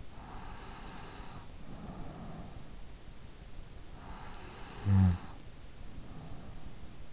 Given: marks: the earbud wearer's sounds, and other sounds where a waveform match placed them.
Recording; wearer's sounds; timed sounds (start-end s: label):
sounds in sleep by an in-ear microphone; breath, snoring breath
0.10-2.73 s: breath
4.17-7.13 s: snoring breath